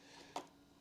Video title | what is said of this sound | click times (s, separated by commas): 360 S5 battery swap!! Will this fix my issue??? | like so and you press it in until it clicks | 0.4 s